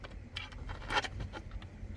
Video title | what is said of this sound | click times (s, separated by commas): FitCamX Install on Chrysler Pacifica | So it's just going to lock into place. | 0.4 s